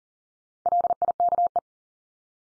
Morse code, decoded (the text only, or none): LIKE